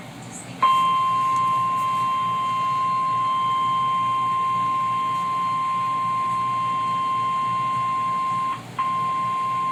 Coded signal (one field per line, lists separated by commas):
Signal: Emergency Alert System (SAME) tones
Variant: 1050 Hz attention tone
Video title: Severe Thunderstorm Warning on WTVE (EAS #36)